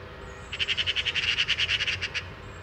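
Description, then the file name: Eurasian magpie giving a harsh, rapid chattering rattle of many dry notes lasting under two seconds, with faint high notes before and after. "Pica pica"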